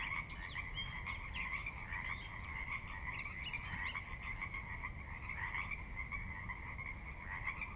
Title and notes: Sinlahekin Valley midnight. the ever-present Pacific Chorus Frogs that are a fixture of the Northwest Soundscape. Sinlahekin Valley is the heart of the Sinlahekin Wildlife Area